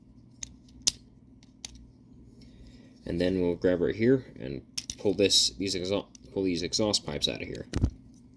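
A few sharp ticks of handling come in the first two seconds, and then someone talks while gripping the plastic exhaust pipe pieces on the leg of a Transformers Studio Series Hot Rod robot toy to pull them out. The clip ends before the pipes lock into position, so nothing has clicked or seated yet.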